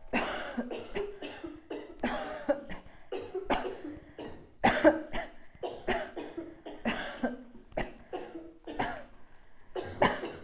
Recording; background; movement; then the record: voluntary coughing; a bystander coughing; sitting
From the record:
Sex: female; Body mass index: 22.6 kg/m2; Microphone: on the chest, facing outward